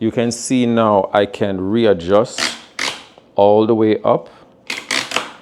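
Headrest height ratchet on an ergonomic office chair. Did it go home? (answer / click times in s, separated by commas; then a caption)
yes / 4.7 s, 5.0 s, 5.2 s. Someone talks while moving the height-adjustable headrest of a FlexiSpot ErgoX Premium ergonomic office chair all the way up. The headrest's height ratchet then clicks at 4.7, 5.0 and 5.2 seconds as it locks into position.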